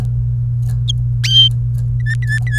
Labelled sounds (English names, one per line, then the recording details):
Domestic Canary song
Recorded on 27 April 2018 at 16:10
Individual llb3